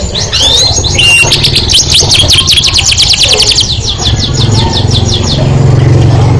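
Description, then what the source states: Canary song: fast, bright trills of sweeping notes over a low rumbling background. Canary masteran song recording, played to stimulate other birds into singing more intensely.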